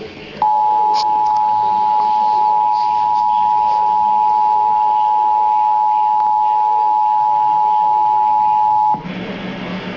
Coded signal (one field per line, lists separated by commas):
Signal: Emergency Alert System (SAME) tones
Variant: 853 and 960 Hz attention tone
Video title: EAS Alert #47 - Severe Thunderstorm Warning #15 5/30/13